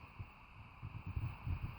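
A RAM stick is held by its sides and lined up over a motherboard DIMM slot before being pushed down. Only soft, low handling bumps and rustling are heard over a steady hum. Nothing has seated or clicked yet.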